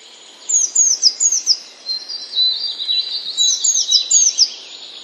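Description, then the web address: Eurasian blue tit singing two phrases of rapid, high, thin descending notes, joined by softer twittering in between, against a low background hiss. "wroblowe teka spiew. wroblowe teka modraszkoteka"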